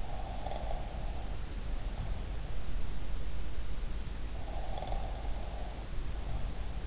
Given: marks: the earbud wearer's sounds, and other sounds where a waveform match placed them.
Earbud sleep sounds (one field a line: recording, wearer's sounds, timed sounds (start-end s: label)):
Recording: sounds in sleep by an in-ear microphone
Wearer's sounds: snoring breath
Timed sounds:
0.00-2.31 s: snoring breath
4.40-6.85 s: snoring breath